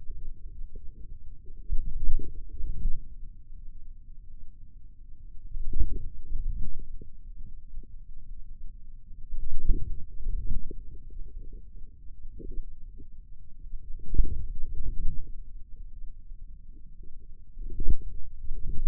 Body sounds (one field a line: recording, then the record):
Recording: forearm muscle sounds (acoustic myography)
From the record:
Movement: inward rotation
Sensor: system 2, bracelet of six BSWA MPA416 microphones around the upper forearm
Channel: 2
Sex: male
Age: 22 years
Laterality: right